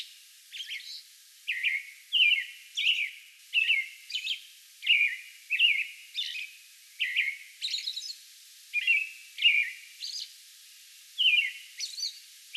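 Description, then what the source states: American robin song: brisk unbroken caroling of slurred whistled phrases, interspersed with high thin notes, repeated steadily throughout. Song bout on May 11.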